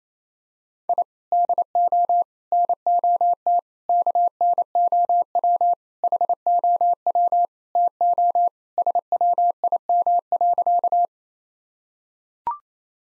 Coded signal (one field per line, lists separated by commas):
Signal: Morse code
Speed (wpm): 28 wpm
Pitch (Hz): 700 Hz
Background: none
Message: I DO NOT KNOW HOW TO SWIM.